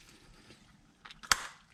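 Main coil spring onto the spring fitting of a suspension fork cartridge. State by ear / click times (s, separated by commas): seated / 1.3 s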